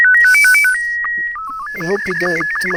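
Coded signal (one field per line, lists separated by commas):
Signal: SSTV (slow-scan television)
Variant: Robot 36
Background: speech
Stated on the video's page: SSTV image hidden in a WAV audio file for a capture-the-flag hacking challenge.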